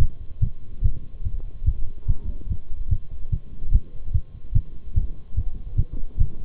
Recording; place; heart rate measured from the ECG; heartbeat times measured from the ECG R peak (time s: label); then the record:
heart sounds by stethoscope; between the tricuspid and mitral areas; 145 bpm
0.00 s: heartbeat
0.42 s: heartbeat
0.84 s: heartbeat
1.25 s: heartbeat
1.67 s: heartbeat
2.08 s: heartbeat
2.50 s: heartbeat
2.91 s: heartbeat
3.32 s: heartbeat
3.73 s: heartbeat
4.14 s: heartbeat
4.55 s: heartbeat
4.96 s: heartbeat
5.37 s: heartbeat
5.78 s: heartbeat
6.20 s: heartbeat
From the record:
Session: Bruce protocol treadmill stress test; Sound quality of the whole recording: partially saturated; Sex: male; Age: 23 years